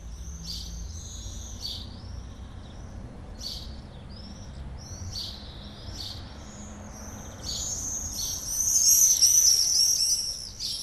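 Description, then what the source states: Bird chirps in regular high bursts, then a louder stretch of twittering toward the end, all over a constant low rushing sound. Birds singing before a storm.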